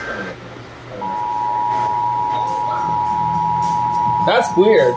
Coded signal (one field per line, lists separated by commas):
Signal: Emergency Alert System (SAME) tones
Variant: 853 and 960 Hz attention tone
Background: speech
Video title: Louisiana Monthly Test on WWL | EAS #2290